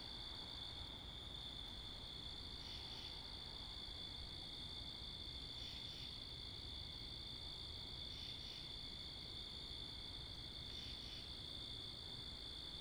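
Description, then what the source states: Unbroken high cricket trilling, punctuated by short pulsed chirp groups about every three seconds; a steady low roar of wind and cars underneath. Wakefield, Rhode Island, USA; 10 October 2021 at 11:35pm, night; mics facing northeast; two Rode NTG-3 shotgun mics on a Sound Devices MixPre 10ii; with cars and wind.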